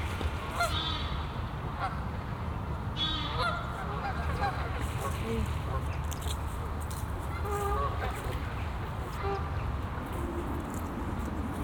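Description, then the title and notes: Goose: geese giving scattered harsh honks throughout, with a constant deep background rumble. Geese on the pond of Bouchout castle in Meise botanical garden, Belgium; binaural recording. "Plantentuin, Meise, Belgique - Oies - Geese. Meise, jardin botanique. Des oies sur l'étang du chateau de Bouchout. Meise botanical garden. Geese on the pond of the castle Bouchout"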